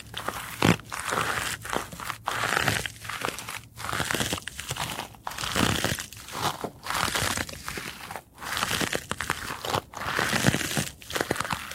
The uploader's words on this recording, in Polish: ZAŚNIJ PRZY DŹWIĘKACH DREWNA! ASMR po polsku.